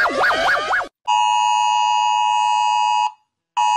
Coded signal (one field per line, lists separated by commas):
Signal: Emergency Alert System (SAME) tones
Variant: 853 and 960 Hz attention tone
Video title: Rating EAS alarms (again)